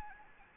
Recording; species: mosquito wingbeat signal from an infrared sensor; Anopheles gambiae